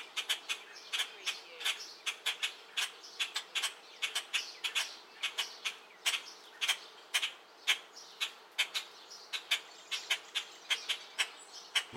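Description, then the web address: Purple martins chirping in a steady, busy stream of short, bright notes, several callers overlapping, with no other clear sounds. More than one purple martin. "sound-effects-bible Bird Purple Martins"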